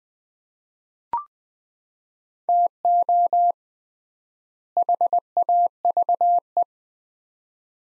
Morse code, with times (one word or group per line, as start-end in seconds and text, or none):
2.5-3.5 TO
4.8-6.6 HAVE